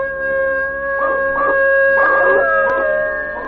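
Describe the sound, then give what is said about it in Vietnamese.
Drawn-out, wavering dog howls rise in a few short swells over a steady, humming tonal drone, moderately loud with no talking. “Ngay lúc này, bên tai là tiếng chó, nó cứ tru lên rõ hơn nữa.”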